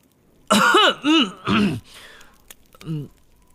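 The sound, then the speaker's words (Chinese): Someone loudly clears their throat in three strong, throaty voiced bursts, followed after a short pause by one softer grunt, with no talking around it; Harry clearing his throat in a Harry Potter story. “海格眼眶湿润地看着炉火，哈利给了他30秒回忆时间，然后大声清了清嗓子。”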